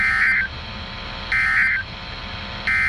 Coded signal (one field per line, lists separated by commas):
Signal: Emergency Alert System (SAME) tones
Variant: end-of-message bursts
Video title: The Last RWT of the School Year (EAS #769-770)